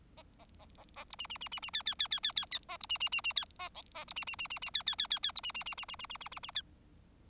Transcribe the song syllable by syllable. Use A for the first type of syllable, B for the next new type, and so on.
A A A A A B C C C C C D D D D D D D A B C C C C D A E A B C C C C C D D D D D B C C C C C C C C C C D